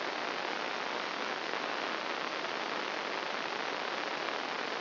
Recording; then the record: brain microelectrode recording played as sound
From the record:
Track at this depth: inside the subthalamic nucleus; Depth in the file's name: 0.209 mm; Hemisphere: right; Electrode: 2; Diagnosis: Parkinson's disease